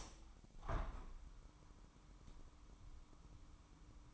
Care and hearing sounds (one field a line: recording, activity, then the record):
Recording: daily activity, microphone in the room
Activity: open window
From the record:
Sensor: 1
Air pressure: 998.0 hPa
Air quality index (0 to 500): 128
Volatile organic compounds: 3 ppm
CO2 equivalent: 1532 ppm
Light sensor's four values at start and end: 17/56/23/23 and 17/57/23/23